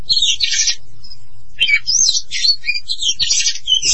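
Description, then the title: Oriental magpie-robin giving loud bursts of scratchy, warbled phrases separated by brief gaps, with a faint low hum underneath. "Kacer"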